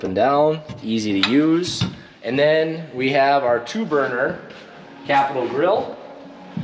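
Someone talks while handling the slide-out two-burner grill tray in the outdoor kitchen compartment of a 2023 Keystone Montana 3857BR fifth wheel, with light rattles from the tray. The tray is being pulled out toward where its latch locks it in place, but nothing has seated or clicked yet.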